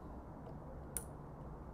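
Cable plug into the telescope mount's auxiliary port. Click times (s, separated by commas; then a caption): 1.0 s. A cable's modular plug is pushed into the AUX input port on a Celestron NexStar 8SE telescope mount to connect an Astro Gadget AuxFi device. Over a steady low background hum, a single sharp, bright click sounds at 0.97 s as the plug seats and locks into the port.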